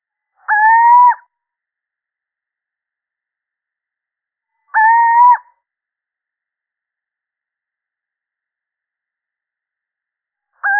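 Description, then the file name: Little owl repeating a single plaintive, gently rising hoot, two full calls about four seconds apart and a third starting at the end, otherwise quiet. Male. "Sycek obecny samec"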